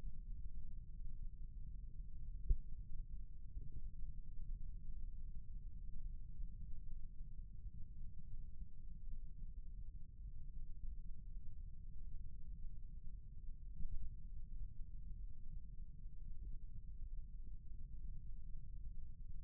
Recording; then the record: forearm muscle sounds (acoustic myography)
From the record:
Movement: rest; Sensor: system 1, eight BSWA MPA416 microphones around the upper forearm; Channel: 5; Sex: male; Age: 28 years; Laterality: right